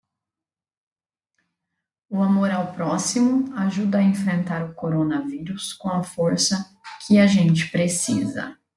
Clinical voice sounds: spoken sentence; Brazilian Portuguese; female; 40 to 49 years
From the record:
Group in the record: control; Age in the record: 40 years

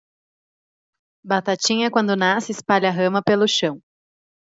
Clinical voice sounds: short text; Brazilian Portuguese; female; 20 to 29 years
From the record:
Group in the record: control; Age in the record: 29 years

